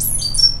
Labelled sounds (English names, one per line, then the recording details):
Stitchbird song
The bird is a male
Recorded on Tiritiri Matangi Island, New Zealand, in 2005
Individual 2, of nest box 2